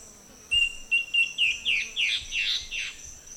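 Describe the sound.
Guianan warbling antbird song: several notes, starting as clear even whistles, then speeding up and turning buzzy, over a steady high insect hum.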